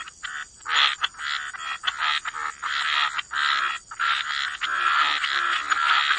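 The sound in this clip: Frog chorus, croaks running into long buzzy stretches with brief gaps, plus a steady high hiss.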